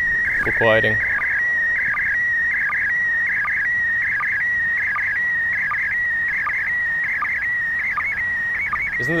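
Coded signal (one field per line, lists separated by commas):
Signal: SSTV (slow-scan television)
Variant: PD 180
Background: speech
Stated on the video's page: SSTV images received from the ISS during the April 2016 ISS SSTV event.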